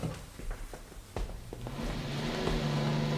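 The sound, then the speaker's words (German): A few sharp clicks and knocks, then a car engine starts and settles into a steady low drone that swells louder and rougher toward the end. “Was ist denn das? Dennis Wagen.”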